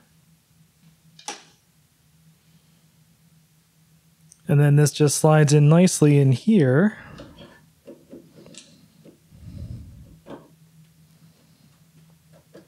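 A case fan bracket is slid into its mount inside the chassis of a vintage UMAX SuperMac S900 Mac clone computer while someone talks. Brief taps and light handling sounds are heard around the speech. The clip ends before the part goes home, and nothing has seated or clicked yet.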